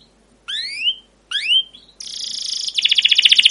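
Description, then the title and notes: Canary song: two sweeping whistles rising steeply, then a dense buzzy trill and a fast rhythmic rattle of notes. Long, lively canary song with 'cuit cuit' chirps and rolls ('ngerol'), used as a lure (pancingan) and tutor recording (masteran) for young canaries learning to sing. "CUIT CUIT NGEROL LANGSUNG GACOR PANJANG Kenari Ini AMPUH Utk Pancingan KENAR. PANCINGAN Kenari GACOR PANJANG Cuit CUIT EMOSI ini AMPUH utk MASTERAN Kenari PAUD belajar BUNYI. burung kenari"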